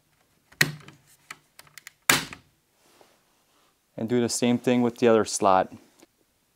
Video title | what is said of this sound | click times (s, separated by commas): LINKSWELL GEN 5 T-Style F150 Radio How to Install & Review - Sirius XM Ready! - 12.1" Touch Screen | until you hear it click in. | 0.6 s, 2.1 s